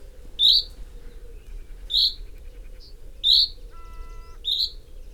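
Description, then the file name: Common chaffinch uttering crisp, high call notes about every one and a half seconds, with a brief tonal sound between the last two and steady low background noise. "Fringilla coelebs"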